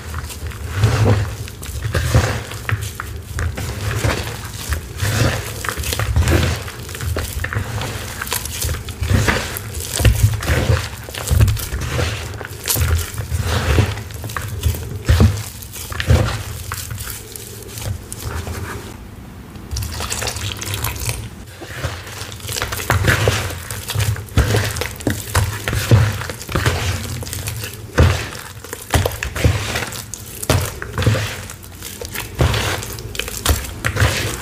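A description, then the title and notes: Watermelon sounds: wet, juicy crunching and squelching that carry on densely for the whole stretch, packed with quick crisp snaps and drips. A low steady rumble sits underneath, and the activity eases briefly around the twenty-second mark before picking back up. Watermelon ASMR.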